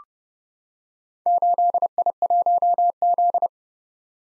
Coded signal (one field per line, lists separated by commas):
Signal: Morse code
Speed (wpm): 30 wpm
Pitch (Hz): 700 Hz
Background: none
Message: 8I1Z